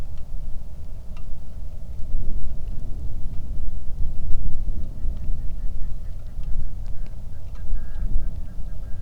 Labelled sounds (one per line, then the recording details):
waterfowl
wind
rain
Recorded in the Arctic National Wildlife Refuge, Alaska, on 3 August 2019 at 09:16
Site 46